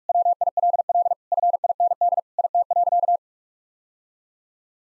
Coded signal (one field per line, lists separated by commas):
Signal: Morse code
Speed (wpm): 46 wpm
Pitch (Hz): 700 Hz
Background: none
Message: WILL FIND IT.